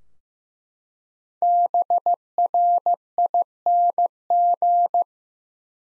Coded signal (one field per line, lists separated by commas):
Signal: Morse code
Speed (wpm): 15 wpm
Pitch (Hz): 700 Hz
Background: none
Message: BRING